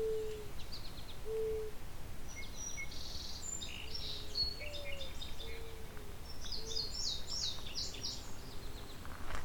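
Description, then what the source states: Mourning Dove song: mellow low coos spaced over several seconds, while other small birds twitter and chip at high pitch. Two Mourning Doves singing back and forth, resuming as the recordist left; possibly a male-female duet.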